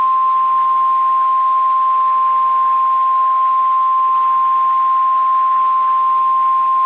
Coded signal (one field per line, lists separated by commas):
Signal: Emergency Alert System (SAME) tones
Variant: 1050 Hz attention tone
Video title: An Alien Invasion EAS Scenario: Live and Uncut